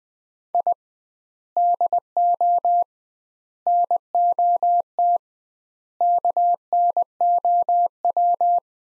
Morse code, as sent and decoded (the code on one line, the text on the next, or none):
.. / -.. --- / -. --- - / -.- -. --- .--
I DO NOT KNOW